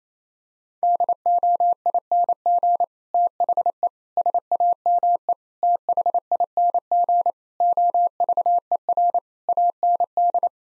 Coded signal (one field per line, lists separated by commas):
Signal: Morse code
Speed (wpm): 28 wpm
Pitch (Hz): 700 Hz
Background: none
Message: DOING THE SAME THING OVER AND